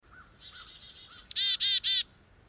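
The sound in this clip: Chickadee call: a few thin high notes, then three harsh, buzzy dee notes in quick succession.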